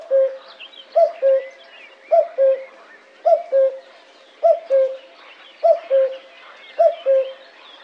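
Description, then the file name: Common cuckoo calling a steady two-note falling cu-coo, repeated six times at roughly one-second intervals, with faint chattering of other birds behind. "cuculo"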